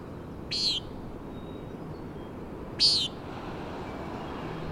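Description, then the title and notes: Common nighthawk: two loud nasal buzzes from a common nighthawk, a little over two seconds apart, against a continuous wash of wind and sea. "Common Nighthawk "peenting" and "wing booms" 3:58am on top of Schoodic Head (Schoodic Div., Acadia National Park)"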